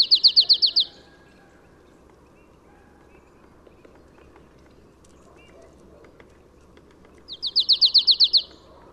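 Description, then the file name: Marsh tit repeating a quick, high trill of bright chipping notes, one at the start and another near the end, separated by quiet low background noise. "Poecile palustris"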